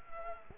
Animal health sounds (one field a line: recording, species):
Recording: mosquito wingbeat signal from an infrared sensor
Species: Culex quinquefasciatus